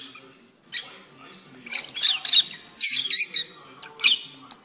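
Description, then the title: Oriental magpie-robin song: scattered phrases of whistled, swooping notes and scratchy bursts, separated by short pauses, with faint low background hum. "Kicau Kacer"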